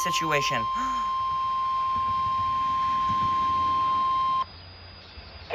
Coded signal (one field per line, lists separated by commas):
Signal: Emergency Alert System (SAME) tones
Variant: 1050 Hz attention tone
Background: speech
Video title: Recreation of the 6/3/20 Severe Weather Event, EDS SVR, EAS N/A